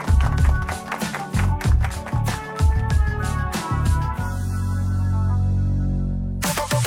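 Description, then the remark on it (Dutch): A few people applaud a guest in sparse, uneven bursts for about four seconds, then a low sustained tone swells and holds before a sharp hit at the end. “Mag ik een warm applaus voor Guillaume?”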